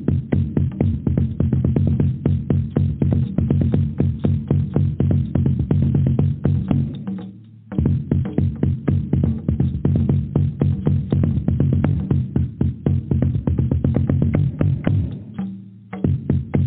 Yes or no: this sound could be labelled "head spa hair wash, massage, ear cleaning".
no